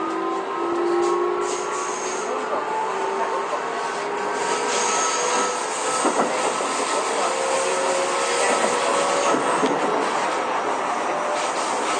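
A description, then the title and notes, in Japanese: A Keio 9000 series train runs steadily, a dense, even rumble and hiss that holds its level for the whole stretch. Several whining motor tones slide slowly in pitch through it, and a brief knock comes through around the six-second mark. 京王9000系 高尾山口〜つつじヶ丘。快速つつじヶ丘行を録音。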